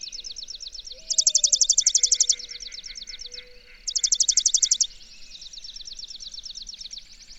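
Bird singing in fast, buzzy trills that swell loudly twice, with softer continuous twittering between bursts and a faint low tone underneath.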